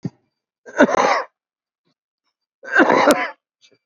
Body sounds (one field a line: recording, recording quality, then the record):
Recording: heavy voluntary cough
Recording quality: excellent, no background noise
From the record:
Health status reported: COVID-19 positive, mild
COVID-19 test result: positive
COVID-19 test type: RT-PCR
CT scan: not taken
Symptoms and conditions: cough, cold, breathing difficulty, fever, fatigue, muscle pain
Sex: male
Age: 80 years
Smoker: no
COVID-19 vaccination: none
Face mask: worn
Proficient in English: no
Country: India